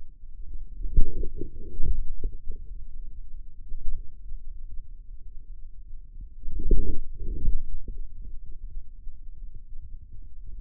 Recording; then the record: forearm muscle sounds (acoustic myography)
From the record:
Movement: inward rotation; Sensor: system 2, bracelet of six BSWA MPA416 microphones around the upper forearm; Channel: 6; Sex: male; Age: 22 years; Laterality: right